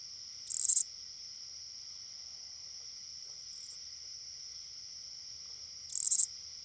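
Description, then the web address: Oblong-winged katydid song of brief, rattling, high-pitched pulse bursts spaced about five and a half seconds apart, with a weaker burst between, over a constant whining insect chorus. "The Songs of Insects. Oblong-winged Katydid"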